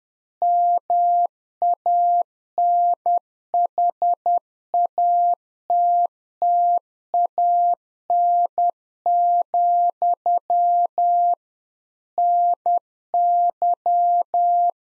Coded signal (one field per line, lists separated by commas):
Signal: Morse code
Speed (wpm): 10 wpm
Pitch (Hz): 700 Hz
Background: none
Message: MANHATTAN, NY